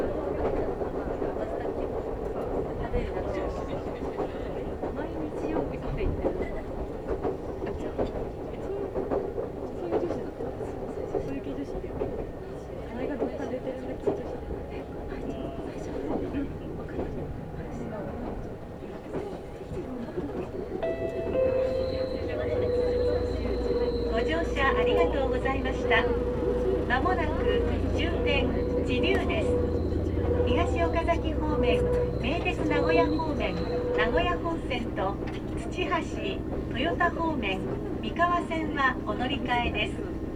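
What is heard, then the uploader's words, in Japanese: Aboard a Meitetsu Mikawa Line train, a steady rumble and voices give way after twenty seconds to louder motor whine and rattling wheels. 名古屋鉄道 三河線（海線）碧南→知立。通学ラッシュになってました。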